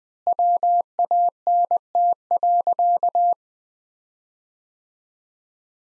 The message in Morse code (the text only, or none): WANT.